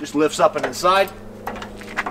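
A folding metal entry step on a 2021 Keystone Springdale travel trailer is lifted up and into the doorway toward its stowed lock position, while someone talks over it. A few short knocks and rattles of the step being handled follow, but nothing has seated or clicked yet.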